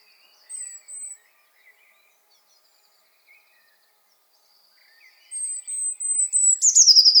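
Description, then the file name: Eurasian blue tit: a brief high thin note, a long quiet gap with faint chirps, then thin high notes leading into a trill at the end. "Cyanistes caeruleus"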